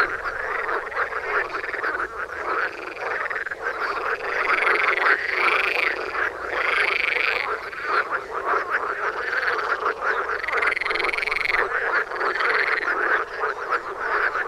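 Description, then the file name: Frogs croaking in a continuous chorus, with repeated arching calls standing out over a steady background of quieter croaks. "frogs"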